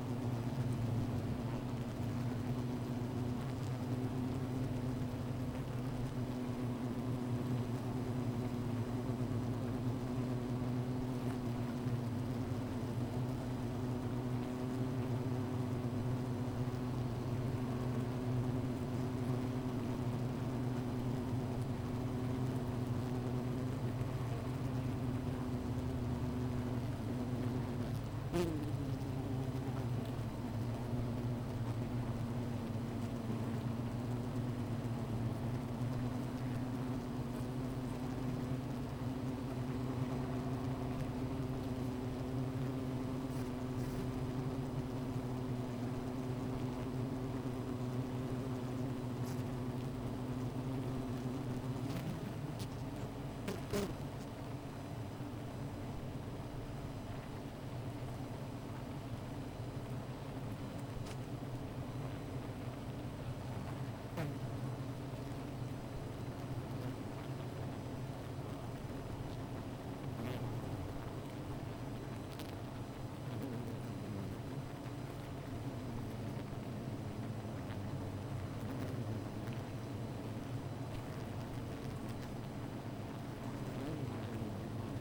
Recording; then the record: honeybee colony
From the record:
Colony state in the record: missing queen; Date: 14 July 2017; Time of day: 15:12